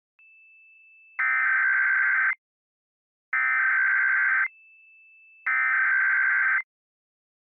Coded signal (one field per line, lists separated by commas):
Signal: Emergency Alert System (SAME) tones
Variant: header bursts